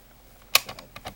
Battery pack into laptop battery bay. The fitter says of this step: there you go there it goes snapped into place